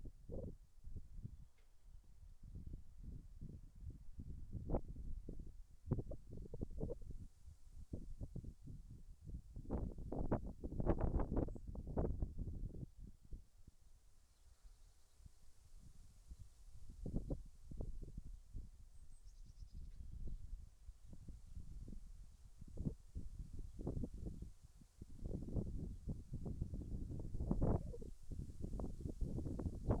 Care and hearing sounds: everyday scene through a hearing-aid microphone; wind on the microphone; gentle breeze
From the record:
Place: in front of a rural house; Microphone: behind the ear, right, rear

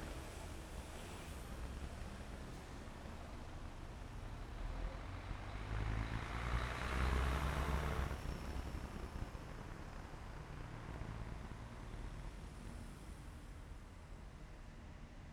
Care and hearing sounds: everyday scene through a hearing-aid microphone; in traffic; traffic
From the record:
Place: main city hub, rush hour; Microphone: behind the ear, left, front

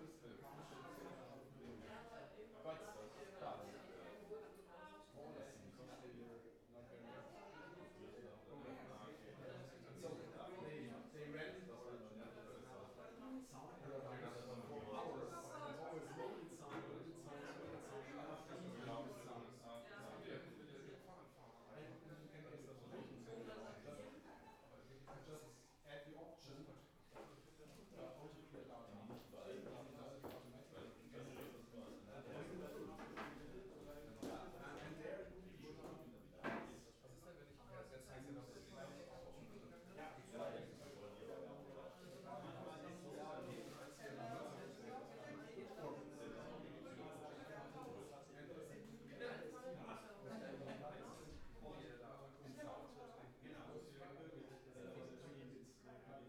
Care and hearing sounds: everyday scene through a hearing-aid microphone; many people talking; many voices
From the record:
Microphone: behind the ear, right, front

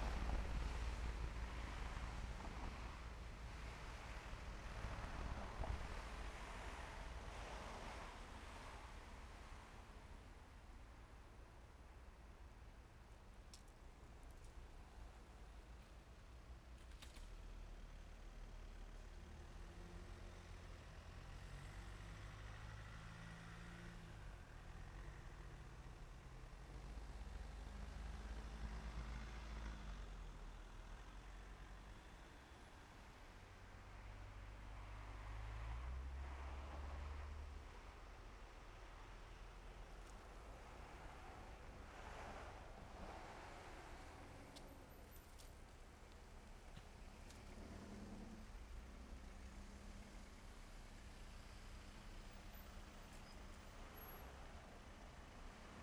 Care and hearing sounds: everyday scene through a hearing-aid microphone; in traffic; traffic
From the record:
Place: main road on the outskirts, rush hour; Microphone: behind the ear, left, rear

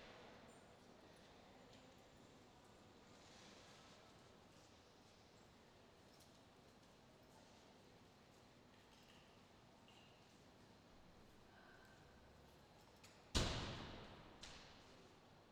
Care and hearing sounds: everyday scene through a hearing-aid microphone; reverberant space; background noise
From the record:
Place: railway station hall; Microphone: in the ear canal, left

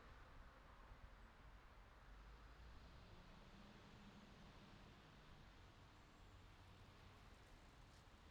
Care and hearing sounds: everyday scene through a hearing-aid microphone; in traffic; traffic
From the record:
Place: city secondary road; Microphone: in the ear canal, left

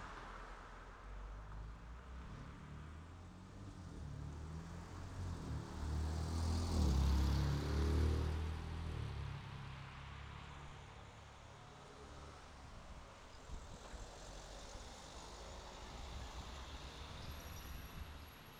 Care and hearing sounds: everyday scene through a hearing-aid microphone; in traffic; traffic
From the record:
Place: city secondary road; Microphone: in the ear canal, right

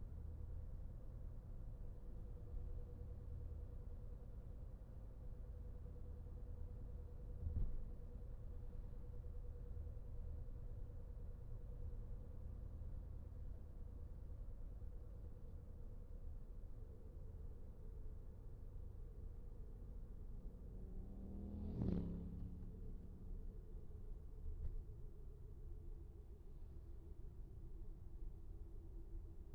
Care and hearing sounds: everyday scene through a hearing-aid microphone; in a vehicle; engine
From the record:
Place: VW T5 Caravelle, diesel engine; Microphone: behind the ear, right, rear

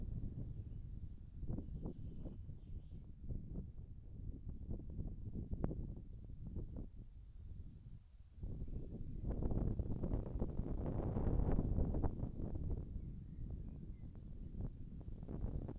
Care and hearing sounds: everyday scene through a hearing-aid microphone; wind on the microphone; wind, birds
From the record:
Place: in front of a rural house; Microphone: behind the ear, left, rear

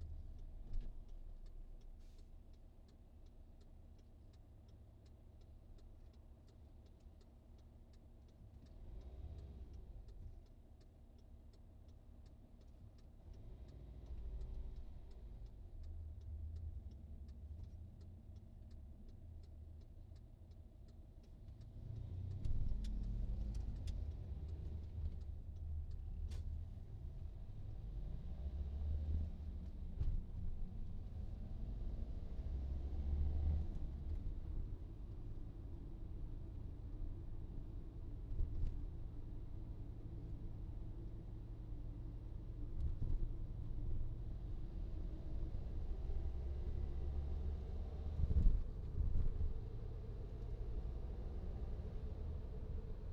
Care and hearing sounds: everyday scene through a hearing-aid microphone; in a vehicle; engine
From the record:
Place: VW T5 Caravelle, diesel engine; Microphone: in the ear canal, right

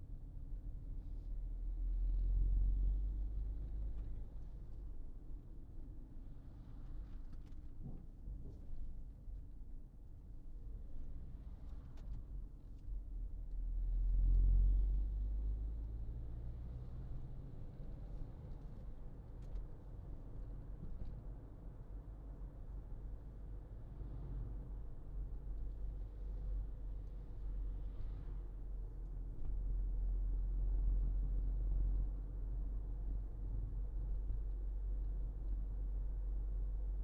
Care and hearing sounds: everyday scene through a hearing-aid microphone; in a vehicle; engine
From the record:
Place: Berlingo II, diesel engine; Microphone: in the ear canal, left

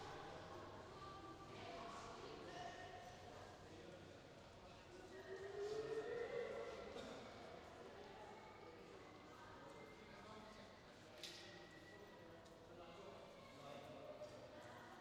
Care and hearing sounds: everyday scene through a hearing-aid microphone; reverberant space; background noise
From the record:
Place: railway station hall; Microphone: in the ear canal, left

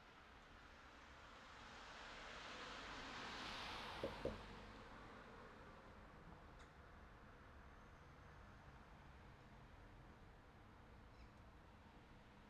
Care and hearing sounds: everyday scene through a hearing-aid microphone; in traffic; traffic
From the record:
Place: city secondary road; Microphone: in the ear canal, left

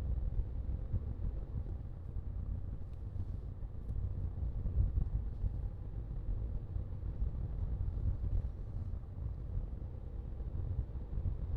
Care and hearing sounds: everyday scene through a hearing-aid microphone; in a vehicle; engine, rumble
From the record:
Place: Skoda Fabia, gasoline engine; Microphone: in the ear canal, left

